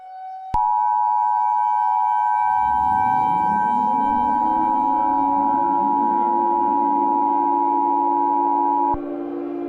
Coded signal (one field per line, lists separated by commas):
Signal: Emergency Alert System (SAME) tones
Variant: 853 and 960 Hz attention tone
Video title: EAS Scenario- 1 Hour Until Asteroid Impact